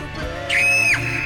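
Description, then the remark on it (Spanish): A single shrill, high-pitched scream, like a horror sound effect, rises sharply, holds for about half a second, then cuts off over a low, steady background rumble. “Sí, a ver, pónganos el sonido de terror, de grito.”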